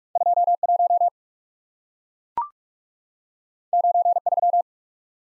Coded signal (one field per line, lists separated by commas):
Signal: Morse code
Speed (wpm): 44 wpm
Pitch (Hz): 700 Hz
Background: none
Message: 2 1 9 3